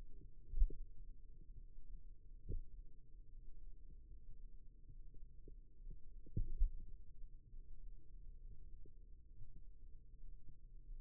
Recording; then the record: forearm muscle sounds (acoustic myography)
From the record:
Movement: finger pinch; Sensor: system 2, bracelet of six BSWA MPA416 microphones around the upper forearm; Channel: 3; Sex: male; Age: 22 years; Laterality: right